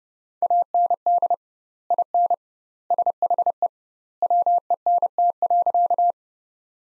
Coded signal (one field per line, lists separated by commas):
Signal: Morse code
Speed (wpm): 32 wpm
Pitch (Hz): 700 Hz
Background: none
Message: AND IN SHE WENT.